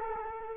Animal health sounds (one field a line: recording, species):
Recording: mosquito wingbeat signal from an infrared sensor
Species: Culex quinquefasciatus